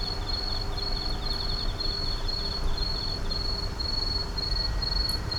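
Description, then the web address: Insect chirps in evenly spaced bright bursts, joined by a lower rapid ticking that stops partway through, over a steady low background rumble. Numerous insects calling at night in an urban park. "boom library Urban and Suburban Urban park night insects numerous"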